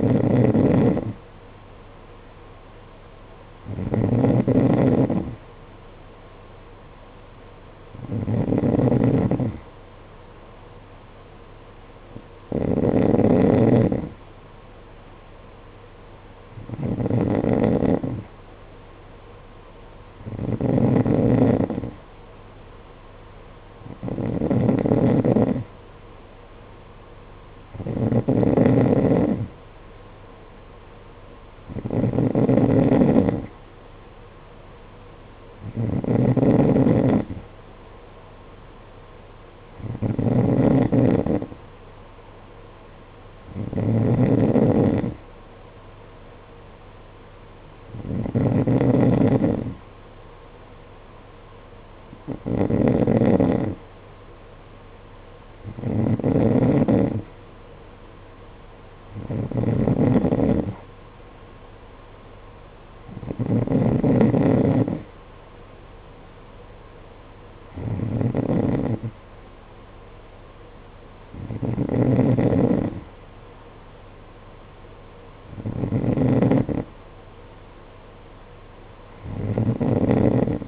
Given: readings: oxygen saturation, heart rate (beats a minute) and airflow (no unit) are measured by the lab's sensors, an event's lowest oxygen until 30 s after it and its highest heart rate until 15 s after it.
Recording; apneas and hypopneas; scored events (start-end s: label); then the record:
breathing in sleep by a voice recorder at the bedside; none
41.00-71.00 s: new sleep stage, N3 (deep sleep)
71.00-80.68 s: new sleep stage, N2 (light sleep)
From the record:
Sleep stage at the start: N2 (light sleep); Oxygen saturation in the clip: 92%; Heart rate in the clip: 51 to 56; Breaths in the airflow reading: 20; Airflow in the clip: -7.3 to 6.8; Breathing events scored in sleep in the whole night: 476 in 9.7 hours asleep